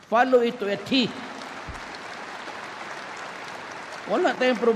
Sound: applause